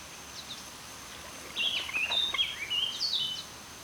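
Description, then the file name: Eurasian blackcap singing one quick, varied warble of high whistled and scratchy notes lasting about two seconds, with steady background hiss. "Sylvia atricapilla"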